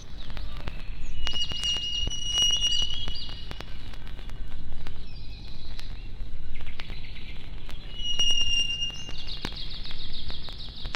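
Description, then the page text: Songbird song of sweet high whistles and brief twittering trills, several phrases spaced throughout, against a continuous deep rumble of background noise. Forest songbirds recorded in woodland close to a highway. "Лесные певчие птицы - Nature, близко трасса"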